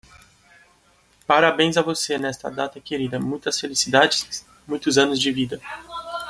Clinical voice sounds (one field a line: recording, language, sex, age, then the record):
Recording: short text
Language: Brazilian Portuguese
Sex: male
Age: 20 to 29 years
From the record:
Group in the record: control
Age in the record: 24 years